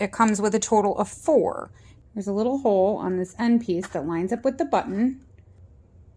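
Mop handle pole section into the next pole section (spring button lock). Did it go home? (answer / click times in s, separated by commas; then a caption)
no / none. A woman talks while handling two sections of the metal pole of a JOYMOOP mop handle, lining up the little hole in the end piece with the spring button lock. Nothing has seated or clicked into place yet when the clip ends, and only a faint low background hum remains after the talking stops.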